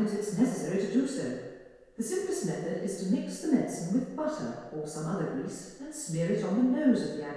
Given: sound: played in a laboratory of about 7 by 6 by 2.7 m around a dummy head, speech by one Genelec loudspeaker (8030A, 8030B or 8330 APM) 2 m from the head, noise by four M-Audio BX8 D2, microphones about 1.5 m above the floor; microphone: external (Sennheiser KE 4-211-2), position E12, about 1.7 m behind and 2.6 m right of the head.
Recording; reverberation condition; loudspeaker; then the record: female speech in English; high; 150 degrees to the left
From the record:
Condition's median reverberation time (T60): about 1300 ms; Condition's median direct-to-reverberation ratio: about -4.0 dB